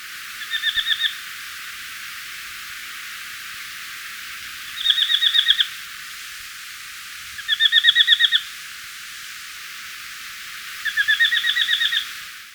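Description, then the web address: Paramo tapaculo giving four short rapid bursts of clipped notes at irregular intervals over a steady hiss. In Ecuador. "Birds of Ecuador 2. Paramo Tapaculo"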